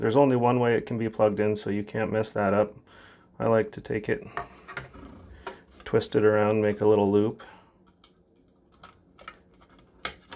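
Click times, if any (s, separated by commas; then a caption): 10.1 s. Someone talks while twisting a load cell cable, whose load cell is installed on the plate, into a small loop and pushing its plastic connector, which fits only one way, into the scale's socket. Soft handling ticks follow, then a sharp snap at 10.1 s as the connector seats fully.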